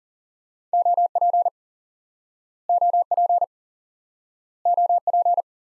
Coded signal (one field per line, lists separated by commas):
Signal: Morse code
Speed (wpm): 40 wpm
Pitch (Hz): 700 Hz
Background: none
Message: OP OP OP